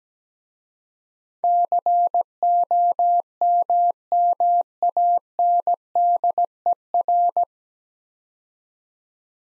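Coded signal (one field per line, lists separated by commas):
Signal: Morse code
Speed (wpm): 17 wpm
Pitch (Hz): 700 Hz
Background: none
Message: COMMANDER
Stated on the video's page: Morse practice drill at 17 wpm: nine-letter words for head-copy, each sent twice, aiding the transition from individual characters to whole words.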